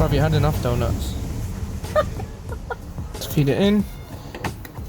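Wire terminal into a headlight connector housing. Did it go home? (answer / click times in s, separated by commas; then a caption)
yes / 4.4 s. A metal crimp terminal on a headlight wire is pushed down into the cavity of a new plastic D-type connector housing until it locks in place, seating with a small click at 4.4 s. Someone talks throughout, with a few other faint ticks of handling near the end.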